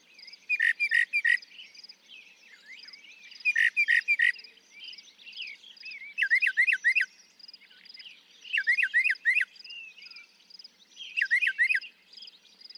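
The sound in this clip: Northern mockingbird song in distinct bouts, each a phrase repeated several times before switching to a new one.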